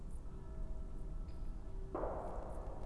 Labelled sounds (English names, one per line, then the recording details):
Great Spotted Woodpecker
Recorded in Germany
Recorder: ecoPi